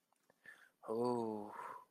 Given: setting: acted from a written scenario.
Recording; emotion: vocal sound without words; ecstasy